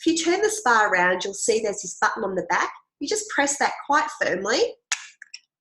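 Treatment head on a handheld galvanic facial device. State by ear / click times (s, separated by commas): released / 4.9 s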